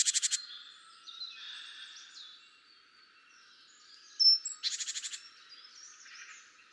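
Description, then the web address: Great tit scratchy rattling churr at the start and another a few seconds later, with soft high chirps in between. "SETE data Parus major"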